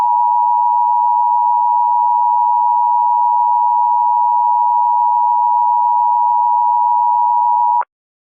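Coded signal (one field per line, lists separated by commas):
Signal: Emergency Alert System (SAME) tones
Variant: 853 and 960 Hz attention tone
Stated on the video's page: Simulated Emergency Alert System scenario of a volcanic eruption, a fictional production made with voice actors.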